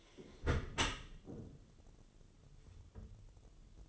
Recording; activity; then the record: daily activity, microphone in the room; close dishwasher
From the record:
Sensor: 4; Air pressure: 1015.8 hPa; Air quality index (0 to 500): 93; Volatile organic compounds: 2 ppm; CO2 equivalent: 1040 ppm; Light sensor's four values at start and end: 9/19/7/7 and 9/19/7/7